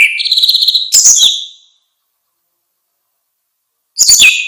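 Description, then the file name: Orange-headed thrush giving a brief whistled phrase with high twittered notes, a pause of silence, then another short burst of song. "suara kicau burung anis merah luar biasa"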